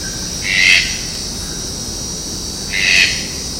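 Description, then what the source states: Red-breasted toucan giving two harsh, croaking calls about two seconds apart, each a short rasping burst, over a steady high insect hiss. Recorded at the Jardim Botânico, São Paulo, Brazil, on 15 October 2015.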